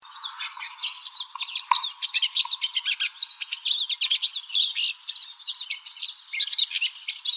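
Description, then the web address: Pine siskin giving a rapid, continuous run of high, twittering and buzzy notes, with sharp chirps packed closely together throughout. Recorded in Arizona on 16 May 2006. "Finches AZFO PISI 051606. deviche"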